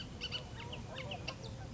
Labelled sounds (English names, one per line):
Bullock's Oriole